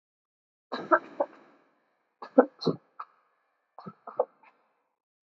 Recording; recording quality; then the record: shallow voluntary cough; excellent, no background noise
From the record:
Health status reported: healthy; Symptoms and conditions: none ticked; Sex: female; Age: 28 years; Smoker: not ticked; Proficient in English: yes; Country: India